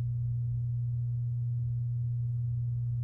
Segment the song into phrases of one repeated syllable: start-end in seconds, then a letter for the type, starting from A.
3.03-3.03 A